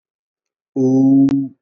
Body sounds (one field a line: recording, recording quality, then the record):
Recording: sustained vowel as in boot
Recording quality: excellent, no background noise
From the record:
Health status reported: exposed to COVID-19, no respiratory illness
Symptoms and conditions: none ticked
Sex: male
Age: 26 years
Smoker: not ticked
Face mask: not worn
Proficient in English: yes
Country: India